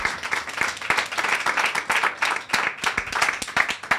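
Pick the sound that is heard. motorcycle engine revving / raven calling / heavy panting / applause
applause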